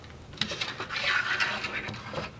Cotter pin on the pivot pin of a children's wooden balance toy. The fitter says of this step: put your cotter pin right on the back and you just push up on and it clicks in place now